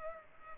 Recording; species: mosquito wingbeat signal from an infrared sensor; Culex pipiens